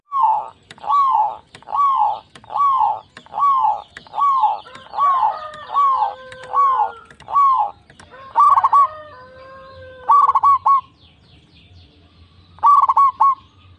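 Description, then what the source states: Zebra dove song: a long series of steady, evenly spaced coos, then several stuttering cooing phrases, with drawn-out whistled notes in the background. Local strain bird in full singing form, with a loud, clear, crystal-like voice.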